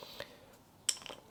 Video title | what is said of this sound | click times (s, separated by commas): How to replace your NSX Engine Hatch Knob, Fuel Door Spring & Trunk Seal! Coupes only! | pull it I pull this piece out a little bit so I could hear it click in to place | 0.9 s